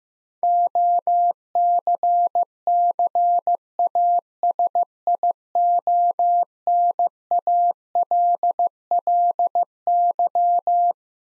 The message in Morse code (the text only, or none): OCCASIONALLY